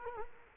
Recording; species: mosquito wingbeat signal from an infrared sensor; Culex quinquefasciatus